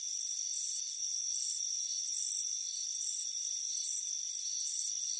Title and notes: Soothing Crickets Chirping Sound. It's a warm afternoon as you relax in a hammock on the front porch. Deep Sleep Sounds